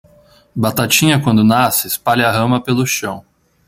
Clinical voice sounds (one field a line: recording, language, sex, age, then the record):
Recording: short text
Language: Brazilian Portuguese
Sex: male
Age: 20 to 29 years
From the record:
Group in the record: control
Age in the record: 23 years